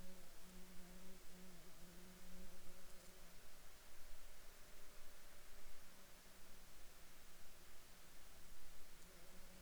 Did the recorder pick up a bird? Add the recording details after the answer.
no. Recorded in Ivvavik National Park, Yukon, on 16 June 2019 at 23:13. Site SINP10